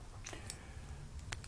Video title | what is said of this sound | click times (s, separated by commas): Parker 180 & Hero 360 - a review of two fountain pens with unique nibs | Parker snaps in place but the clip is fairly loose so this turns relatively easily straight | 1.3 s